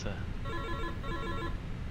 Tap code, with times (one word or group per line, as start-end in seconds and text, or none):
none